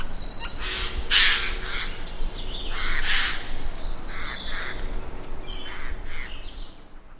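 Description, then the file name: Eurasian jay giving harsh, rasping screeches in a series of broad noisy bursts, some drawn out, with faint thin bird notes and low background rumble. "Garrulus glandarius"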